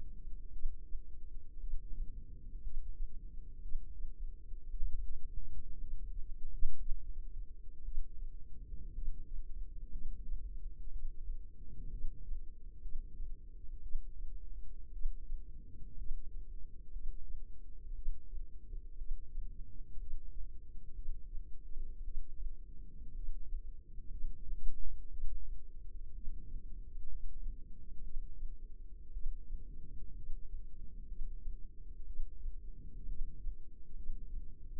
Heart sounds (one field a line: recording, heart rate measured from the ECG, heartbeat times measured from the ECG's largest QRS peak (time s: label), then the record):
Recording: heart sounds by microphone in the left ear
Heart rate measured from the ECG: 59 bpm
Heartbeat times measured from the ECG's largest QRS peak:
0.51 s: heartbeat
1.59 s: heartbeat
2.61 s: heartbeat
3.61 s: heartbeat
4.69 s: heartbeat
5.78 s: heartbeat
6.77 s: heartbeat
7.83 s: heartbeat
8.93 s: heartbeat
9.90 s: heartbeat
10.91 s: heartbeat
11.90 s: heartbeat
12.81 s: heartbeat
13.81 s: heartbeat
14.91 s: heartbeat
15.96 s: heartbeat
16.91 s: heartbeat
17.94 s: heartbeat
18.97 s: heartbeat
19.98 s: heartbeat
20.94 s: heartbeat
22.03 s: heartbeat
23.14 s: heartbeat
24.09 s: heartbeat
25.09 s: heartbeat
26.13 s: heartbeat
27.07 s: heartbeat
28.02 s: heartbeat
29.12 s: heartbeat
30.14 s: heartbeat
31.07 s: heartbeat
32.05 s: heartbeat
33.06 s: heartbeat
33.95 s: heartbeat
From the record:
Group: healthy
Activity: rest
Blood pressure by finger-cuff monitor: 88/60 mmHg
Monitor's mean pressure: 68 mmHg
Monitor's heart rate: 59 bpm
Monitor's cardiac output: 4.3 L/min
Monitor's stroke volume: 73 mL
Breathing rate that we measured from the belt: 18 breaths a minute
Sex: female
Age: 36 years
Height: 163 cm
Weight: 88 kg